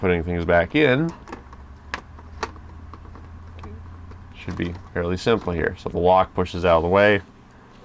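Someone talks while a hard drive module is handled and pushed back toward the drive bay of an old NEC Versa 6230 laptop, with a few brief, sharp handling taps between the speech. The clip ends before the drive goes home, so nothing has seated or clicked yet.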